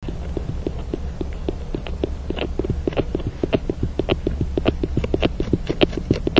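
Beaver activity sounds: many irregular crunching clicks and snaps over a steady low rumble.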